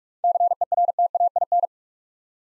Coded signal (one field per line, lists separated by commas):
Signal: Morse code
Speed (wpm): 44 wpm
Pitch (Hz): 700 Hz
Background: none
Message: CERTAIN